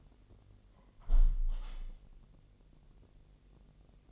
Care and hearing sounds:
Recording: daily activity, microphone in the room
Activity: close window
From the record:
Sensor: 4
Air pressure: 1001.2 hPa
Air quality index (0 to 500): 248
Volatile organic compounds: 45 ppm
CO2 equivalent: 3223 ppm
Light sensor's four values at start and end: 9/20/8/7 and 9/19/7/7

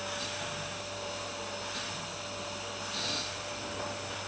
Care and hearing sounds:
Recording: daily activity, microphone in the room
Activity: vacuum cleaning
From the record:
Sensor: 2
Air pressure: 999.9 hPa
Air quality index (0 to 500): 127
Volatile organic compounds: 2 ppm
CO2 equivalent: 1091 ppm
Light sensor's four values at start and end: 28/69/30/33 and 28/69/30/33

